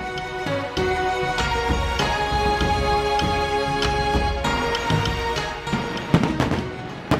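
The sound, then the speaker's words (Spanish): Fireworks burst at a Chinese New Year celebration in a steady, dense barrage: sharp cracks and pops pile on top of one another with occasional louder booms, keeping up a constant crackling roar for several seconds. “¡Mira allá! ¡Fuegos artificiales!”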